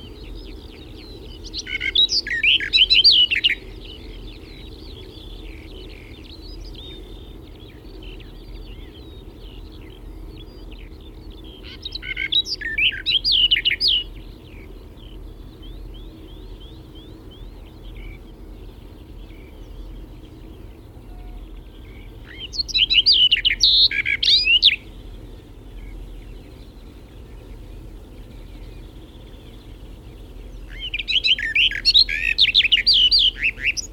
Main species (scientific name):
Sylvia nisoria